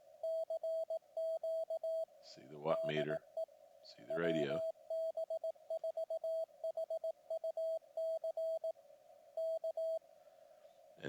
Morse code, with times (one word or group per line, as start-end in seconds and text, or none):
0.2-2.0 CQ
2.7-3.4 DE
4.1-8.7 WB4HUC
9.4-10.0 K